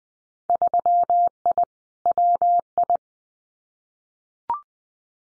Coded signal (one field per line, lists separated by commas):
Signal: Morse code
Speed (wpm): 20 wpm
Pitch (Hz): 700 Hz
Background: none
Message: 3I WI